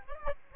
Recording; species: mosquito wingbeat signal from an infrared sensor; Aedes albopictus